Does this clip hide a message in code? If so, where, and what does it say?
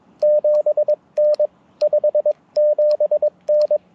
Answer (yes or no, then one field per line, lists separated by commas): yes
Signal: Morse code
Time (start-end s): 0.2-3.8 s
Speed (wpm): 22 wpm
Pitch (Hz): 590 Hz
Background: radio noise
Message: 7N 57N